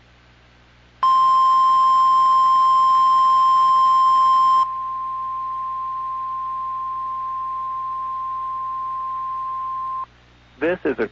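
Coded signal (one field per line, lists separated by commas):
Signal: Emergency Alert System (SAME) tones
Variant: 1050 Hz attention tone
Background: speech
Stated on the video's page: Real EAS tornado drills recorded in Central Virginia.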